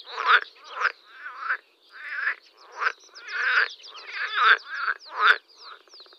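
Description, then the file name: Water frog in a dense run of grating croak bursts, ending in a fast pulsed rattle. "zelena zaba"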